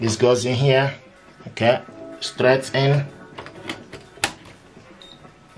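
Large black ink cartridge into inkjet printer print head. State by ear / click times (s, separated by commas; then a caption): seated / 4.2 s. A large black ink cartridge is pushed straight into its slot in the print head of a Canon PIXMA TS9150 inkjet printer while someone talks. A few small plastic taps come first, then the cartridge clicks into place at 4.2 seconds, and it is seated.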